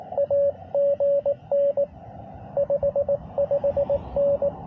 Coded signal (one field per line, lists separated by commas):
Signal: Morse code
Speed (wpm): 21 wpm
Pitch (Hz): 560 Hz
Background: radio noise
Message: AGN 55N